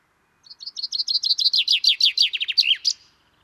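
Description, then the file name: Common chaffinch song: a single full phrase of rapid high notes that fall in pitch toward the end, finishing with a short emphatic flourish. "Fringilla coelebs"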